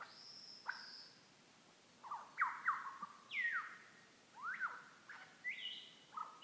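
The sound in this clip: Lyrebird singing a mix of clear whistled notes, some swooping down and others climbing, each phrase different, with brief gaps between them.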